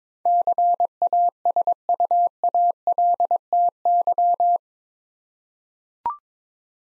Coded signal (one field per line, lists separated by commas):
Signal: Morse code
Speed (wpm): 22 wpm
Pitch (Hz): 700 Hz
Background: none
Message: CASUALTY